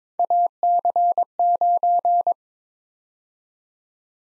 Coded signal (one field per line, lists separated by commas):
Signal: Morse code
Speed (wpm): 22 wpm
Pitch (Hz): 700 Hz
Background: none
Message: AC9